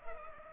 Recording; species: mosquito wingbeat signal from an infrared sensor; Culex pipiens